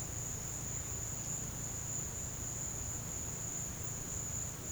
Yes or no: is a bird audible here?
no